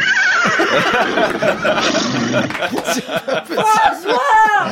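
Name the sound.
horse neighing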